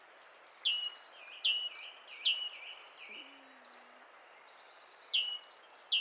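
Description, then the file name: Great tit giving rapid high chirps and falling slurs, a lull in the middle, then the calling resumes. "Parus major"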